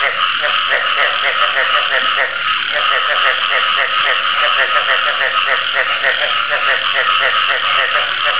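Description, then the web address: Frog chorus, a dense, continuous wall of high calls with rapid repeated pulsed croaks running throughout. "frog"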